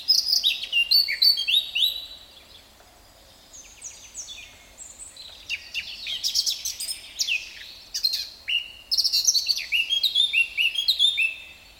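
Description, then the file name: Eurasian blackcap song: fast, busy warbling with many high chirps and slurred notes tumbling over each other, with brief lulls. "Sylvia atricapilla"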